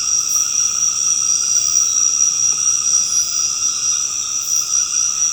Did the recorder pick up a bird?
no